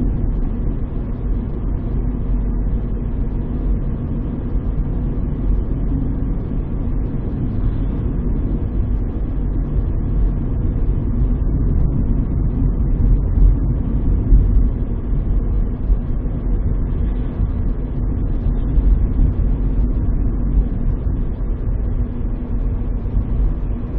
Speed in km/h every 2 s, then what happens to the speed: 51, 51, 51, 51, 51, 51, 51, 51, 51, 51, 52, 52.
0-24 steady at about 51.